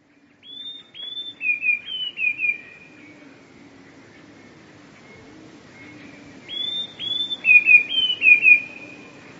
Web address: wroblowe teka 2 spiew. wroblowe teka modraszkoteka